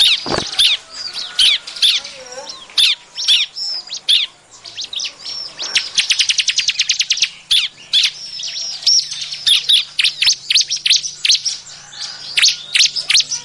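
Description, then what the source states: Bar-winged prinia in long varied chirping, high notes interrupted by bursts of rapid ticking trills. Noisy, agitated calling offered as an effective lure sound for attracting birds.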